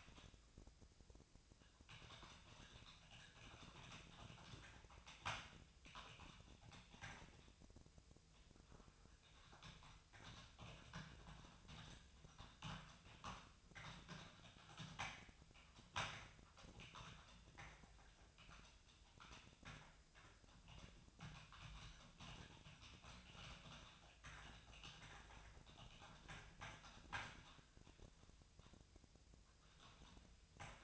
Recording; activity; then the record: daily activity, microphone in the room; typing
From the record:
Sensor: 2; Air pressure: 999.1 hPa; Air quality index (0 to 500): 207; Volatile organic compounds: 35 ppm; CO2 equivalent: 3066 ppm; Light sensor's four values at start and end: 7/17/6/7 and 7/17/6/7